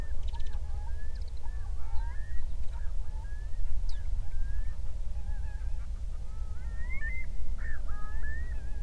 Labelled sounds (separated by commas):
songbird, loon, wind